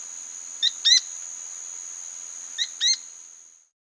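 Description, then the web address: Azara's spinetail giving two paired calls, each a short note followed by a longer rising whistled note, the pairs about two seconds apart, over a steady high tone. "Natures Songs S America Andean Birds. Azara's Spinetail (Synallaxis Azarae)"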